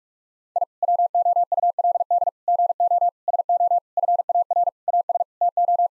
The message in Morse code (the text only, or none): I WOULD GO SO FAR AS TO